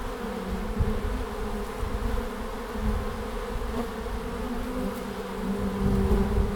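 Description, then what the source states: Bees humming steadily, the buzz growing louder toward the end over the ongoing drone and low rumble. Bees at the end of March in Langel, Cologne, Germany.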